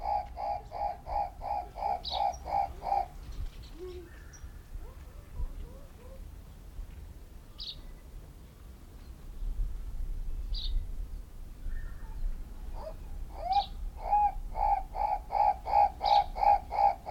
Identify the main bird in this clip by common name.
Guinea Turaco